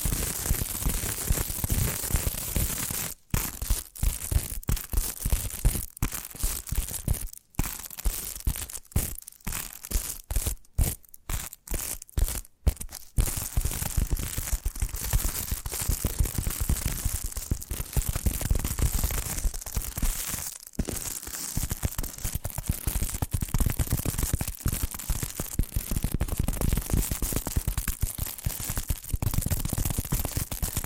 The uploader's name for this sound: Addictive Tapping Triggers